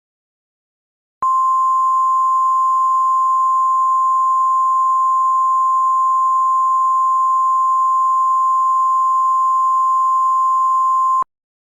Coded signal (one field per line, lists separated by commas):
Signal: Emergency Alert System (SAME) tones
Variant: 1050 Hz attention tone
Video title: EAS Scenario: Fear The Wind and Spores - October Says Goodbye Part: 1